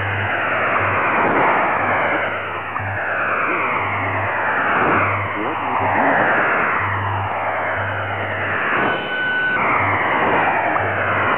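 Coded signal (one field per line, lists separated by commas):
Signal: HF data modem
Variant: STANAG 4285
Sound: continuous harsh rushing data hiss with fading swishes, low hum pulsing underneath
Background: time signal tones, radio static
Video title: Unid Stanag 4285 QRM over WWVH & WWV - 10000 kHz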